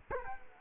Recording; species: mosquito wingbeat signal from an infrared sensor; Culex quinquefasciatus